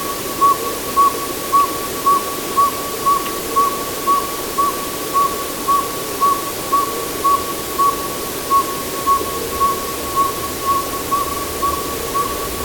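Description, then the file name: Northern Saw-whet Owl tooting rapidly and evenly, roughly two whistled notes each second on one pitch, against a steady background hiss. "Northern Saw-whet Owl - Aegolius acadicus"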